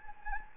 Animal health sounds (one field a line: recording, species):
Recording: mosquito wingbeat signal from an infrared sensor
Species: Anopheles gambiae